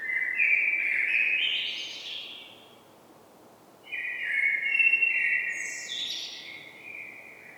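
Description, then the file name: Common blackbird song: a rich fluted phrase sliding up into a scratchy twitter, a pause of about a second, then a second warbling phrase with high squeaks. "Turdus merula"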